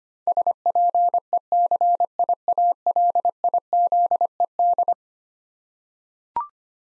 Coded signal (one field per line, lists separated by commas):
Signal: Morse code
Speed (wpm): 25 wpm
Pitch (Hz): 700 Hz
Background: none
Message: SPECIALIZED